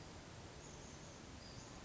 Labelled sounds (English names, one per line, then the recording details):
Western Flycatcher
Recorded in Sonoma County, California